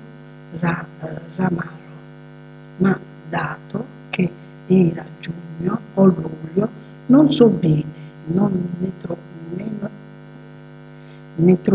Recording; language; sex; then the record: read passage; Italian; female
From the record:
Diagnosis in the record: healthy control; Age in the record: 62 years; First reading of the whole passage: 101 s, 4.7 characters per second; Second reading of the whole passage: 77 s, 5.9 characters per second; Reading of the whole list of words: 66 s, 3.9 characters per second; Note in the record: marked for poor recording quality or reading difficulty